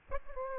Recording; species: mosquito wingbeat signal from an infrared sensor; Aedes aegypti